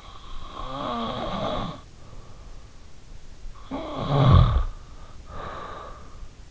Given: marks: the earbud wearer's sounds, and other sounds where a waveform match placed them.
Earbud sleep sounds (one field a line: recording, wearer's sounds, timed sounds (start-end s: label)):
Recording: sounds in sleep by an in-ear microphone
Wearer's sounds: snoring breath, breath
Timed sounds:
0.05-2.40 s: snoring breath
3.20-4.91 s: snoring breath
5.14-6.51 s: breath